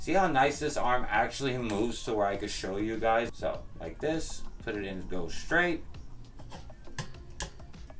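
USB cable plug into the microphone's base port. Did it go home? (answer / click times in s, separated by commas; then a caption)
yes / 7.0 s, 7.4 s. Someone talks while lining up the keyed plug of the included USB cable with the port on the bottom of a Tonor TC40 RGB microphone and pushing it straight in. Sharp clicks at 7.0 s and 7.4 s mark the plug seating in the microphone's base port.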